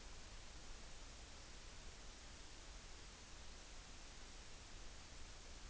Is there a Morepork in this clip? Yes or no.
no